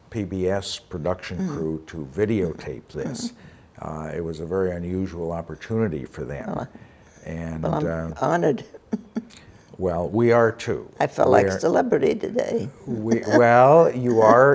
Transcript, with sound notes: PBS production crew to videotape this. It was a very unusual opportunity for them and -
Well I'm honored (laughs)
Well, we are too.
I felt like a celebrity today. (laughs a lot)
Well, you are.